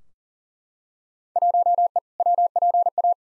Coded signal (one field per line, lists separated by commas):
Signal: Morse code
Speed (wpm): 40 wpm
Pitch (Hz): 700 Hz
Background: none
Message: 1E WPA